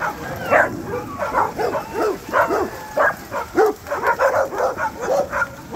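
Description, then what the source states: Several dogs barking together, a rapid run of overlapping barks without a pause. Many dogs barking together.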